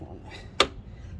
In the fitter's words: oh there you go you heard it snap